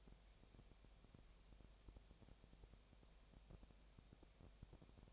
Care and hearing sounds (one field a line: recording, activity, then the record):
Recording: daily activity, microphone in the room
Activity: no activity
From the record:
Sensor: 1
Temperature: 19.8 degrees Celsius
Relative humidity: 37.9%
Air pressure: 998.8 hPa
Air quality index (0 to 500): 233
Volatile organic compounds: 134 ppm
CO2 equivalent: 3949 ppm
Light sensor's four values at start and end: 1/2/1/1 and 1/2/1/1